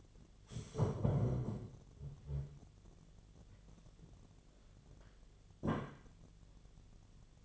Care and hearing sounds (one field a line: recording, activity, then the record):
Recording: daily activity, microphone in the room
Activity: stand up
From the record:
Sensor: 4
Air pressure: 1008.7 hPa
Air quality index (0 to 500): 170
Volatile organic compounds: 5 ppm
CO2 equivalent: 1712 ppm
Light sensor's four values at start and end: 23/72/27/26 and 23/72/27/26